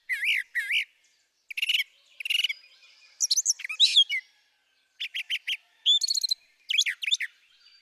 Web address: songs Brown Thrasher